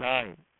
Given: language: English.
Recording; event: throat vibration sensor signal played as sound; speech